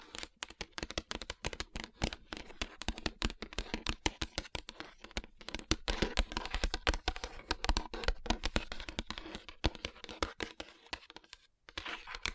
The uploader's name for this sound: Tapping & Rubbing Rhinestone Covered Palms